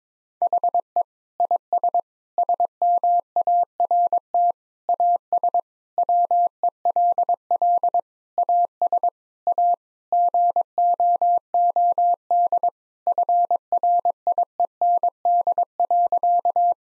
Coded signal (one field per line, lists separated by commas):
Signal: Morse code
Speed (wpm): 22 wpm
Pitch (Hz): 700 Hz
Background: none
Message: HE IS SMART AS WELL AS A GOOD FRIEND.